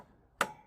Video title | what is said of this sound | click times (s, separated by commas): HP Pavilion Desktop 570-P017C Disassembly RAM SSD Hard Drive Upgrade PSU Power Supply CPU GPU Fan | So when you hear the click, that means it fell into the threads. | 0.4 s